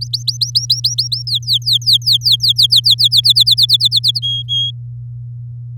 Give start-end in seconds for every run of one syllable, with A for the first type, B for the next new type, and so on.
0.01-1.23 A, 1.27-3.33 B, 3.35-4.20 C, 4.22-4.71 D